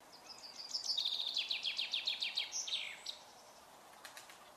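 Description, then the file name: Common chaffinch sings a quick cascading trill of repeated notes that drops in pitch and ends with a flourish, then faint ticking sounds follow. "Fringilla coelebs"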